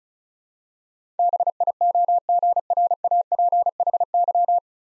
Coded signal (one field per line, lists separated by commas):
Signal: Morse code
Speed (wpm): 36 wpm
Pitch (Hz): 700 Hz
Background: none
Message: BIOGRAPHY